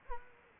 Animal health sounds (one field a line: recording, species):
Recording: mosquito wingbeat signal from an infrared sensor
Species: Culex quinquefasciatus